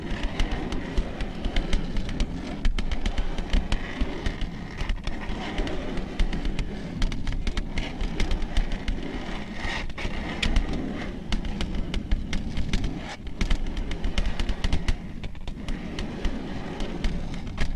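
Long nails tap and scratch in a steady stream of dense clicks with no real pauses. The taps come quickly and fairly evenly, each a short crisp tick over a constant low rustling bed, with a few sharper clicks standing out.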